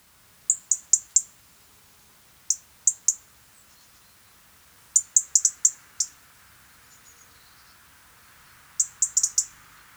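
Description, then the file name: European robin repeating thin, high ticking notes in rapid groups of three to six, groups recurring every two to four seconds. "Erithacus rubecula"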